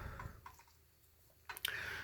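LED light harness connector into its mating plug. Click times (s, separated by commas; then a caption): 1.5 s, 1.7 s. A plastic wiring connector on an LED light harness is pushed into its mating plug, giving sharp clicks at 1.5 and 1.7 seconds. The first click makes it seem seated, but it is not fully home and still needs about another eighth of an inch and a second click.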